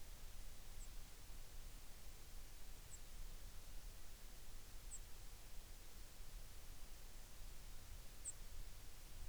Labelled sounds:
songbird
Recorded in the Arctic National Wildlife Refuge, Alaska, on 3 August 2019
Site 33

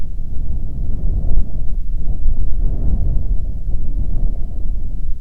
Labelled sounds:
wind
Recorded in the Prudhoe Bay oil fields, Alaska, on 25 July 2019 at 02:08
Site 11

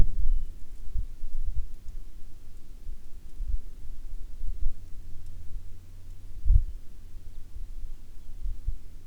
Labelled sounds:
bird
wind
aircraft
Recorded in the Prudhoe Bay oil fields, Alaska, on 9 June 2019 at 08:49
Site 11

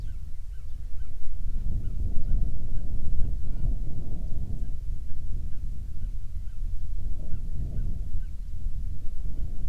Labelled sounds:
songbird
wind
insects
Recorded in the Prudhoe Bay oil fields, Alaska, on 7 July 2019 at 00:03
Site 16

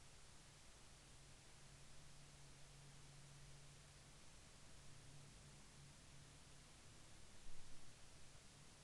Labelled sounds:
near silence
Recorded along the Dempster Highway, Canada, on 19 April 2020 at 16:53
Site 11

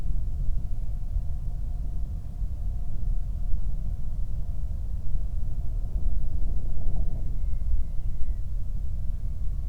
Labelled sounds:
bird
flare stack
insects
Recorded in the Prudhoe Bay oil fields, Alaska, on 8 July 2019 at 00:24
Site 25

